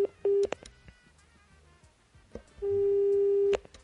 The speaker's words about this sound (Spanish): Bueno, se cortó la llamada telefónica.